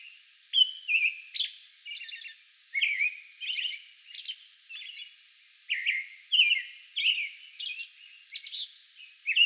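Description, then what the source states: American robin delivering rapid whistled phrases mixed with squeaky high notes, phrases spaced by short gaps. Song bout recorded May 11.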